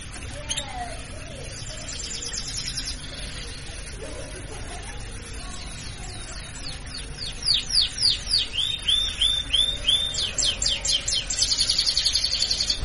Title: Canto Para Esquentar Canário Belga. SUARA BURUNG KENARI BETINA BIRAHI AMPUH UNTUK PANCINGAN KENARI PASTI NYAUT